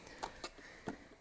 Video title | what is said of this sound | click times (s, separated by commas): Lowrance HDS LIVE Install on Skeeter ZX 190 | Snaps right in there, clicks right there. | 0.9 s